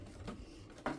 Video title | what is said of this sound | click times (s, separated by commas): How to Assemble BARBIE DREAMHOUSE (unedited) | push it until it clicks. | 0.9 s